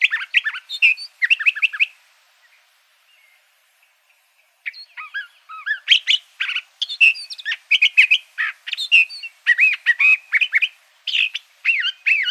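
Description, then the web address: Curve-billed thrasher delivering bursts of varied whistled and chattering notes, pausing for a few seconds, then resuming a long lively series of slurred phrases. Recorded in Arizona. "Mimids CBTH. Deviche"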